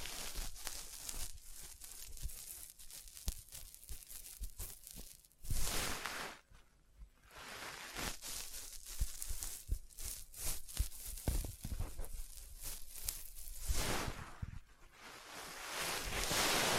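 Tapping and scratching come as dense bursts of dry clicks, taps and scraping strokes, with brief surges of bright rough hiss around 5–6 seconds, near 14 seconds and at the very end. Between them are short quieter gaps, and the activity keeps shifting in intensity and pace.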